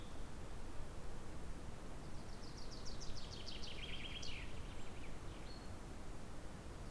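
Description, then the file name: Common chaffinch song: a falling run of trilled notes closing with an abrupt flourish and a brief tail note, set against a continuous deep background rumble. "Fringilla coelebs"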